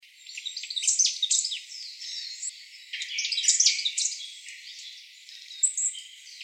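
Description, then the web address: Varied tit chatter: two clusters of high, rasping and squeaky notes in quick succession, followed by softer scattered notes and a brief high peep. "birdenaga yamagara"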